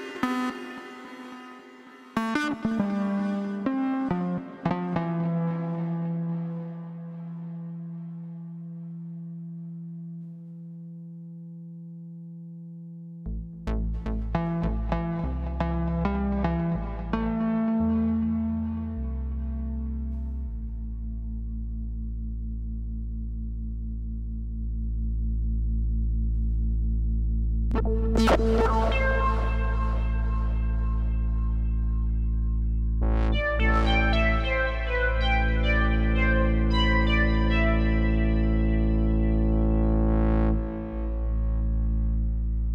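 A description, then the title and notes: Electronic tones climb from low to high, a heavy low drone entering near thirteen seconds and bright, ringing clusters bursting in after twenty-eight. Rising frequenzy - Bottom to highest.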